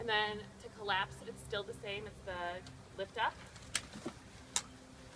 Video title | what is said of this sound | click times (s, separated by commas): Contours Options Elite Tandem Stroller Review | and it locks into place and it has a freestanding | 3.8 s, 4.6 s